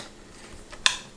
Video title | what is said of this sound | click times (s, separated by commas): Dirt devil power stick unboxing - review | hear that click the | 0.9 s